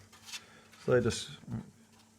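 A servo is handled against the snap-lock features of an SLS nylon 3D-printed servo mount for an RC Pitts Special plane while someone talks. Soft handling and rubbing noises sit under the voice, loudest around 0.9 to 1.6 s. Nothing has seated or clicked into place yet.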